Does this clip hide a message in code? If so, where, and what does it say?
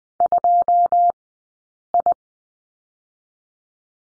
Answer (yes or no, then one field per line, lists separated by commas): yes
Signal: Morse code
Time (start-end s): 0.2-2.1 s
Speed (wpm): 20 wpm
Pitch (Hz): 700 Hz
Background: none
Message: 2I